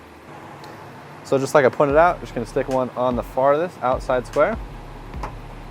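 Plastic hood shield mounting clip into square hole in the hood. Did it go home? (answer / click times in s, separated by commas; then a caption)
yes / 5.2 s. A square plastic mounting clip from the kit for an AVS Bugflector II hood shield is pushed into the farthest outside square hole on a Tacoma's hood while someone talks. A single sharp tick sounds at 5.2 s as the clip snaps solidly into place.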